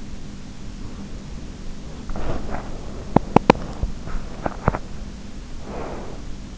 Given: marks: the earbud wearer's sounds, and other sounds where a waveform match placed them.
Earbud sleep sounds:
sounds in sleep by an in-ear microphone; breath, teeth grinding
0.70-2.87 s: breath
2.24-4.96 s: teeth grinding
5.58-6.58 s: breath

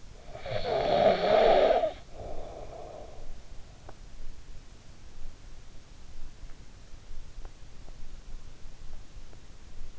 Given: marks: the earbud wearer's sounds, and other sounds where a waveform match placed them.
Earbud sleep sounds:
sounds in sleep by an in-ear microphone; snoring breath
0.00-3.23 s: snoring breath

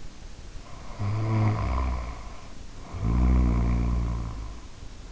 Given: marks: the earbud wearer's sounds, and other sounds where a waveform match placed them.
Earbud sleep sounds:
sounds in sleep by an in-ear microphone; snoring breath
0.78-4.60 s: snoring breath

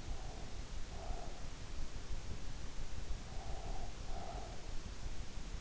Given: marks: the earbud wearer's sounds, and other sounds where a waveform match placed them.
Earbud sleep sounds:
sounds in sleep by an in-ear microphone; breath
0.09-1.59 s: breath
3.25-4.68 s: breath

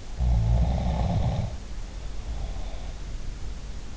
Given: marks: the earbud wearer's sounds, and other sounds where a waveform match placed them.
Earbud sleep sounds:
sounds in sleep by an in-ear microphone; snoring breath
0.13-3.02 s: snoring breath

